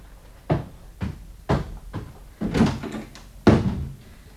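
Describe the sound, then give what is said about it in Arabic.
A door is handled and shut: a series of sharp wooden thuds and clunks, about five distinct impacts at uneven intervals, with a busier rattling stretch near the middle and a firm final bang. “أرجو أن تغلق الباب وتكتم السر.”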